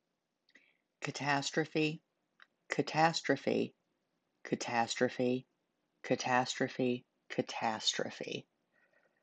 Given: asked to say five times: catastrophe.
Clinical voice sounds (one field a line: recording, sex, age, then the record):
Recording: repeated word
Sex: female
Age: 50 to 59 years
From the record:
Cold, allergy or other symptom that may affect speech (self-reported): no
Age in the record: 54 years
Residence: United States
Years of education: 17